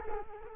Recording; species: mosquito wingbeat signal from an infrared sensor; Culex quinquefasciatus